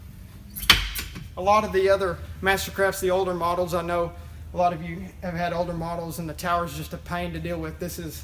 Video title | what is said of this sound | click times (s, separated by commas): MasterCraft - X23 - Futrell Marine | just lay it down like that and then lock into place that easy so | 0.7 s